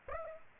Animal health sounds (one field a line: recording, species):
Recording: mosquito wingbeat signal from an infrared sensor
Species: Aedes aegypti